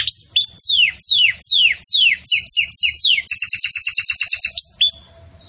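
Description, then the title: Canary song: a series of separate sweeping whistled notes, then quick repeated syllables building into a rapid trill that ends with a single upslurred note. Belgian canary song described as bell-like ('campainha'), used for training chicks ('encarte de filhotes'). "Belíssimo Canto Do Canário Belga Campainha Para Encarte De Filhotes"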